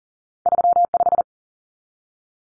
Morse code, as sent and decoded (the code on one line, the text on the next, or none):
...-- .....
35